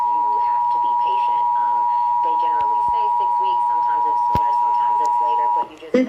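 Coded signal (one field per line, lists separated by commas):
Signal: Emergency Alert System (SAME) tones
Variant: 853 and 960 Hz attention tone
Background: speech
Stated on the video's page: Real EAS test alerts received from several broadcast stations and a weather radio transmitter, using a new text-to-speech voice.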